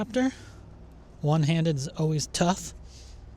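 An EV charging connector is being pushed one-handed into the charge port or adapter of a Lucid Gravity while someone talks over low background noise. Nothing has seated or clicked yet; the clip ends just before the connector goes home.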